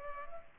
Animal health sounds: mosquito wingbeat signal from an infrared sensor; Culex pipiens

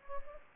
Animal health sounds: mosquito wingbeat signal from an infrared sensor; Aedes albopictus

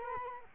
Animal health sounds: mosquito wingbeat signal from an infrared sensor; Culex quinquefasciatus

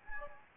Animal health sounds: mosquito wingbeat signal from an infrared sensor; Anopheles gambiae

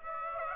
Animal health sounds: mosquito wingbeat signal from an infrared sensor; Aedes aegypti

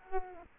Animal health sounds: mosquito wingbeat signal from an infrared sensor; Culex quinquefasciatus

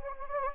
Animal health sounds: mosquito wingbeat signal from an infrared sensor; Anopheles gambiae

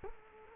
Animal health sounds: mosquito wingbeat signal from an infrared sensor; Culex quinquefasciatus

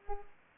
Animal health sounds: mosquito wingbeat signal from an infrared sensor; Culex pipiens

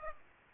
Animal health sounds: mosquito wingbeat signal from an infrared sensor; Aedes aegypti

